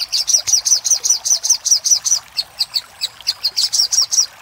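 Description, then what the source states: Little spiderhunter song: steady run of high, sharp chip notes repeated about two to three per second, briefly pausing then resuming. Master recording for training cage birds, titled Labaik.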